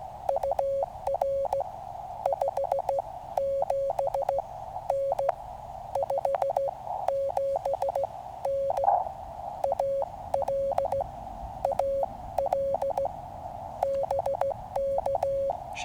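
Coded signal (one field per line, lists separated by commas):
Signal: Morse code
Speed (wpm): 16 wpm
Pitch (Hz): 550 Hz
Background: none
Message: UR 57N 57N AL AL BK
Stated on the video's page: CW POTA/SOTA activation on Cheaha Mountain, Alabama, 100% portable QRP, with a storm rolling in and a lightning-delay break.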